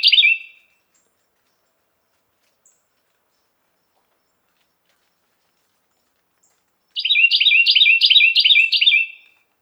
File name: suara-kicauan-burung-carolina-wren-variasi-2-omkicau